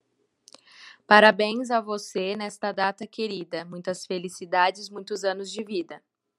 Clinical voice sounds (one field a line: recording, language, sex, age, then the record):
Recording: short text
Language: Brazilian Portuguese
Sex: female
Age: 18 to 19 years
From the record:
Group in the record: control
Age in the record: 18 years